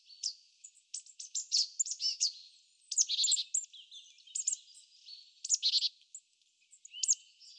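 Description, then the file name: Marsh tit giving a steady stream of high, sharp call notes mixed with short buzzy phrases, repeated throughout with brief pauses. "Poecile palustris"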